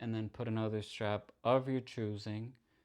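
Someone talks while handling a quick-release strap for a Timex Expedition Pioneer Titanium watch, whose spring bar is meant to go into the lugs of the titanium watch case. Only speech is heard across the 2.9 seconds. Nothing has seated or clicked yet.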